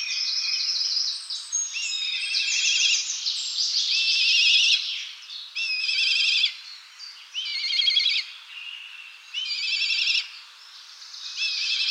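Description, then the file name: Black kite calls: high, quavering trilled whinnies, often overlapping, repeated in bursts with short pauses between them. "Milan noir"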